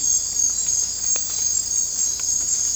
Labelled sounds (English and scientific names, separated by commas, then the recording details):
none
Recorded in dense forest near Puerto Asís, Putumayo, Colombia, on 18 December 2024 at 02:00
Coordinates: 0.466, -76.327
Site G075